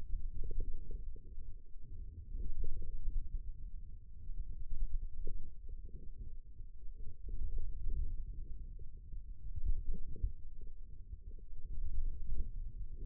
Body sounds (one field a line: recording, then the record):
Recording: forearm muscle sounds (acoustic myography)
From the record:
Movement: ulnar deviation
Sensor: system 2, bracelet of six BSWA MPA416 microphones around the upper forearm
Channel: 3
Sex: male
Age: 22 years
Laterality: right